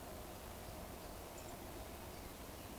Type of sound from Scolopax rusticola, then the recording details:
whistle. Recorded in Baden-Württemberg, Germany, on 12 June 2020 at 19:19 UTC. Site 14569, 102 m above sea level